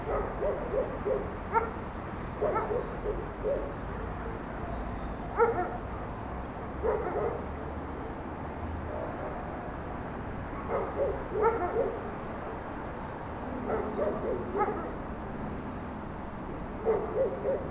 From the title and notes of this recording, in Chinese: Shengshui Temple。我来到寺院门口，用ROLAND R09录音机记录下火车经过、犬吠等环境声音。